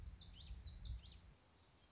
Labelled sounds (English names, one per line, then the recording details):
Common Yellowthroat
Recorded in Sonoma County, California